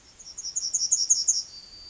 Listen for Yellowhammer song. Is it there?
yes